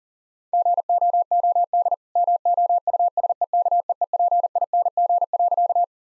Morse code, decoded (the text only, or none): GOOD MOUSEKEEPING.